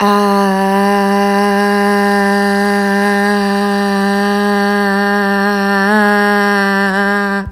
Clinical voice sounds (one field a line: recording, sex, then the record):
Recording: sustained vowel /a/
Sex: female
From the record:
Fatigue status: no fatigue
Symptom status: asymptomatic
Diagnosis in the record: COVID-19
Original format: m4a